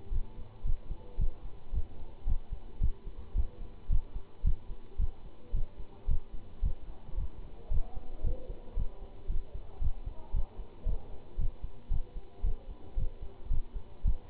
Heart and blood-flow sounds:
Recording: heart sounds by stethoscope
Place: between the tricuspid and mitral areas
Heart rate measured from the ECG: 112 bpm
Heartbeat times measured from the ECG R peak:
0.13 s: heartbeat
0.66 s: heartbeat
1.20 s: heartbeat
1.74 s: heartbeat
2.28 s: heartbeat
2.82 s: heartbeat
3.36 s: heartbeat
3.91 s: heartbeat
4.45 s: heartbeat
5.00 s: heartbeat
5.55 s: heartbeat
6.09 s: heartbeat
6.64 s: heartbeat
7.18 s: heartbeat
7.72 s: heartbeat
8.25 s: heartbeat
8.77 s: heartbeat
9.30 s: heartbeat
9.82 s: heartbeat
10.34 s: heartbeat
10.87 s: heartbeat
11.39 s: heartbeat
11.92 s: heartbeat
12.45 s: heartbeat
12.98 s: heartbeat
13.51 s: heartbeat
14.06 s: heartbeat
From the record:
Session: Bruce protocol treadmill stress test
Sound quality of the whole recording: good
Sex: male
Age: 25 years

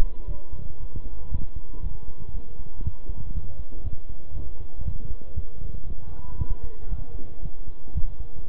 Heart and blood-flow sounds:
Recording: heart sounds by stethoscope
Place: between the tricuspid and mitral areas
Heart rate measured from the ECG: 117 bpm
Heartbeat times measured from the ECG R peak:
0.28 s: heartbeat
0.80 s: heartbeat
1.32 s: heartbeat
1.83 s: heartbeat
2.34 s: heartbeat
2.85 s: heartbeat
3.35 s: heartbeat
3.84 s: heartbeat
4.35 s: heartbeat
4.85 s: heartbeat
5.36 s: heartbeat
5.87 s: heartbeat
6.39 s: heartbeat
6.91 s: heartbeat
7.43 s: heartbeat
7.95 s: heartbeat
8.47 s: heartbeat
From the record:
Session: bicycle stress test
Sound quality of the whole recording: good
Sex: male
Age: 23 years

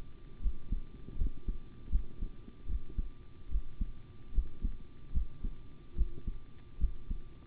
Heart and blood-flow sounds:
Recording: heart sounds by stethoscope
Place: between the tricuspid and mitral areas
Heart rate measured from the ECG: 75 bpm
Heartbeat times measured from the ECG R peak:
0.40 s: heartbeat
1.16 s: heartbeat
1.90 s: heartbeat
2.66 s: heartbeat
3.49 s: heartbeat
4.33 s: heartbeat
5.12 s: heartbeat
5.96 s: heartbeat
6.78 s: heartbeat
From the record:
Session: rest, sitting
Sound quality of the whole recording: good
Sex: male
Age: 25 years

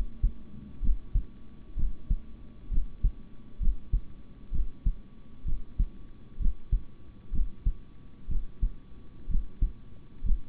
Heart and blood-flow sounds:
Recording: heart sounds by stethoscope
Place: between the tricuspid and mitral areas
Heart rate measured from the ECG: 64 bpm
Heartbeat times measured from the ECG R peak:
0.81 s: heartbeat
1.76 s: heartbeat
2.70 s: heartbeat
3.59 s: heartbeat
4.51 s: heartbeat
5.45 s: heartbeat
6.38 s: heartbeat
7.31 s: heartbeat
8.28 s: heartbeat
9.28 s: heartbeat
10.22 s: heartbeat
From the record:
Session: rest, sitting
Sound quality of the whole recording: good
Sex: male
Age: 26 years

